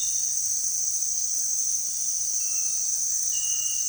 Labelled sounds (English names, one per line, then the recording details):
none
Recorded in pastures near Puerto Asís, Putumayo, Colombia, on 23 June 2025 at 18:00
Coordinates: 0.466, -76.322
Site GP07